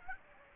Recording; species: mosquito wingbeat signal from an infrared sensor; Aedes aegypti